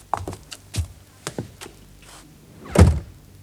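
A door creaks open barely a hand's width through a series of short knocks and clicks, then a louder soft thud lands as a blue notebook is tossed through the gap onto the nearest chair. No one speaks.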